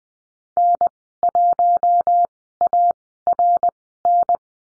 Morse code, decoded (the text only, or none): N1ARN